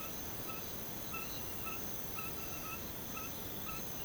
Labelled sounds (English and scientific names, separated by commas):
none